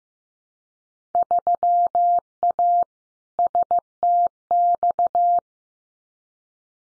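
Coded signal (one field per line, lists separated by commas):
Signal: Morse code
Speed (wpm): 15 wpm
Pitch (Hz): 700 Hz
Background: none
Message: 3A STX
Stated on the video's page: Head-copy drill of Field Day contest exchanges at 15 wpm, each sent in Morse, spoken, then sent again.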